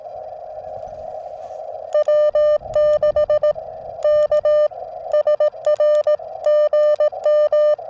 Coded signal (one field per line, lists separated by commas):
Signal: Morse code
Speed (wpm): 18 wpm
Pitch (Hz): 590 Hz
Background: none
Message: W6KSR GM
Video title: JPC 12 Antenna Tested on POTA Activation